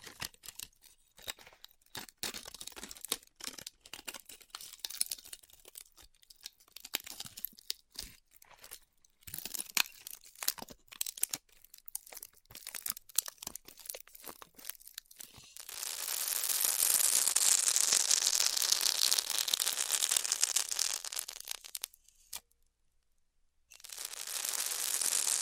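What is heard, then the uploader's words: Styrofoam being cut with a heated tool, starting with a long run of quick, irregular crackles and snaps for about fifteen seconds. Then a steady bright hiss takes over until about 22 seconds, stops briefly, and returns near the end. ASMR Styrofoam Heat Cutting (No Talking).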